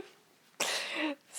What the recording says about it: I was recovering from a big sickness last week, so you'll hear me coughing.